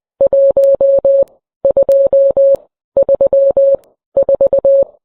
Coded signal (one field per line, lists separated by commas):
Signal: Morse code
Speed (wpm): 20 wpm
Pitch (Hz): 550 Hz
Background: none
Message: 1 2 3 4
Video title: flying giggle dances to Morse code